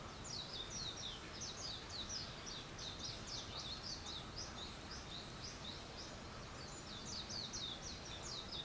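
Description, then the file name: Bird giving a continuous run of many high, sharp chirps throughout, over a hissing background. Wild birds; 21 April 2023. "wild-bird 230421"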